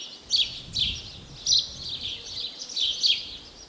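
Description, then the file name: House sparrow calls: several harsh, slightly buzzy chirps, unevenly spaced, over quiet background hiss. "Passer domesticus"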